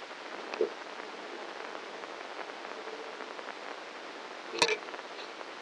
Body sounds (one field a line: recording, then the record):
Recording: brain microelectrode recording played as sound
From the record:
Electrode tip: inside the subthalamic nucleus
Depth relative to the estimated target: -1 mm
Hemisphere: left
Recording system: NeuroSet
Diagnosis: Parkinson's disease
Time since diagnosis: 9 years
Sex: male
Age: 56 years